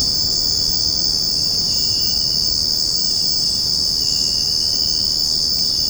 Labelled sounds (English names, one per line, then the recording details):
none
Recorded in secondary vegetation near Puerto Asís, Putumayo, Colombia, on 9 March 2025 at 02:30
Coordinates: 0.481, -76.318
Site G097